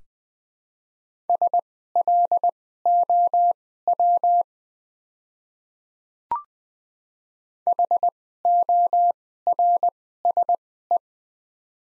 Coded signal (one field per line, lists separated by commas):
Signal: Morse code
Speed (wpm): 20 wpm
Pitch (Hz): 700 Hz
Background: none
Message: SLOW HORSE